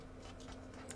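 A small plastic clasp on the body panel of a Transformers TFP Soundwave figure in Apache JOECON 2015 colors is pressed shut during transformation, with an internal button holding the part in place. A short, sharp tick sounds at 0.9 s over a faint steady hum. The clasp seats and stays closed.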